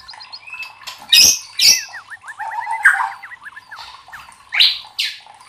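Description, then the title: White-rumped shama singing: a fast chain of short looping whistled notes between a few loud harsh bursts. Used to train cage birds (masteran). "MURAI BATU LABAIK"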